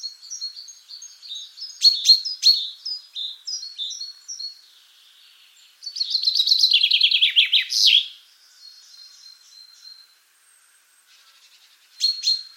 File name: Fringilla coelebs